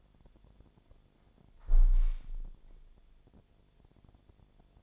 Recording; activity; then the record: daily activity, microphone in the room; close window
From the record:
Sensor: 5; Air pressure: 1000.6 hPa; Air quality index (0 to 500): 142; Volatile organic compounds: 2 ppm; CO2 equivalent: 1098 ppm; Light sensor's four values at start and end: 41/97/41/44 and 41/97/41/44